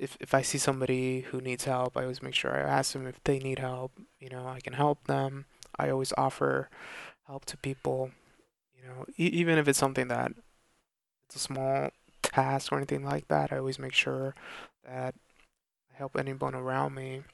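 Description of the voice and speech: Adult man speaking with mid-phrase silent pauses and stretched, creaky syllables: stuttering blocks.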